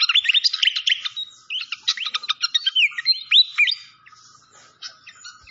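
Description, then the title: Malaysian pied fantail singing fast, bright chirps mixed with clear rising and falling whistles, the phrase thinning out toward the end. Clear-voiced song, used as a masteran training recording. "Masteran Sikatan Kipas Suara Jernih Dan Suara Gemericik Air"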